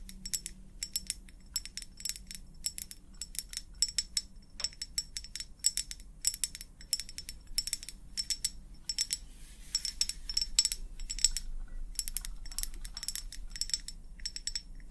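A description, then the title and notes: Fingernails tap rapidly and steadily on a hard surface, each click sharp and bright with a faint glassy ring. The taps come in dense bursts with brief pauses, over a low constant hum in the background. ASMR 100% Tapping for the BEST Sleep ~ with long nails, no talking.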